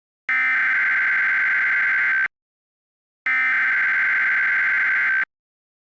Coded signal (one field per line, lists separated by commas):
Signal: Emergency Alert System (SAME) tones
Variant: header bursts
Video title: (EAS MOCK) Northwest Nuclear Disaster (#2)